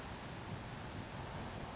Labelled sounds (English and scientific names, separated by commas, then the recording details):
California Towhee (Melozone crissalis)
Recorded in Sonoma County, California